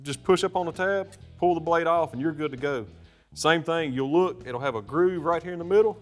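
A replaceable scalpel-style steel blade is handled at the blade mount of a Havalon folding knife handle, where a tab is pushed up to release the old blade and a groove in the middle guides the new one on. Someone talks throughout over background music. Nothing has seated or clicked yet; the clip ends just before the blade snaps in place.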